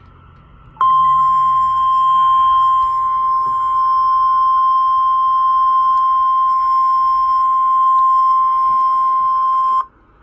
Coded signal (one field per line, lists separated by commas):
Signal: Emergency Alert System (SAME) tones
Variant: 1050 Hz attention tone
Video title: Severe Thunderstorm Warning & Tornado Warning (Confirmed) on WXK85 (EAS Alert: #47 - 48) - 5/20/19